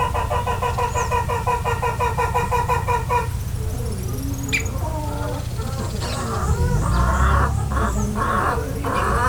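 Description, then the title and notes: Chickens: a quick, steady run of harmonic clucking notes for about three seconds, then scattered mixed calls over a continuous low engine-like rumble. Henhouse sounds with funny vocalizations, recorded beside the screen of the grandparents' henhouse, Fazenda Chiqueirão, Rabelo, Poços de Caldas, MG, Brazil; car noise in background; Canon DSLR 5D. "Som do galinheiro com vocalizações engraçadas, Faz. Chiqueirão, Poços de Caldas - Rabelo, Poços de Caldas - MG, Brasil. Som gravado ao lado da tela do belo galinheiro de meus avós, na faz. Chiqueirão. É possível escutar algum ruído de automóvel no fundo"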